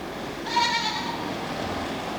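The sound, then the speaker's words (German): A goat lets out one short, wavering bleat, a bright nasal cry that fades within half a second and leaves only a low, steady background hiss. “Das müssen Ziegen sein.”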